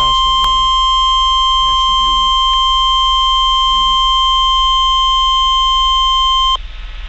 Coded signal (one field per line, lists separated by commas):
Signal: Emergency Alert System (SAME) tones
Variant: 1050 Hz attention tone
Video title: Real EAS #276 - Severe Thunderstorm Warning